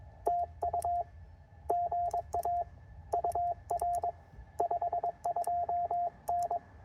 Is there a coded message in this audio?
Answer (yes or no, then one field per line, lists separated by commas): yes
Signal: Morse code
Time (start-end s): 0.3-6.6 s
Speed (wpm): 22 wpm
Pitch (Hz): 700 Hz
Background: radio noise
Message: TU GA UR 52N